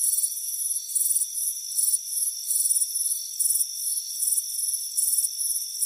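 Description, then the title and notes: Cricket chirping with rapid high pulses in irregular bursts, a continuous shrill hum running beneath them. Crickets chirping on a warm afternoon on a front porch. "Soothing Crickets Chirping Sound. It's a warm afternoon as you relax in a hammock on the front porch. Relax and fall asleep to the soothing sound of chirping crickets. Deep Sleep Sounds"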